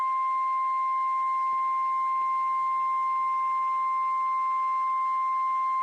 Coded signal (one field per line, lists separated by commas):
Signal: Emergency Alert System (SAME) tones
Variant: 1050 Hz attention tone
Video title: WXR Weekly Tests (EAS #880-#889)